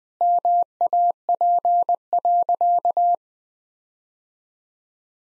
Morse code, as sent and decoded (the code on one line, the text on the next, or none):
-- .- .--. .-.-.-
MAP.